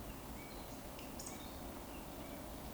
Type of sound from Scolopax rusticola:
whistle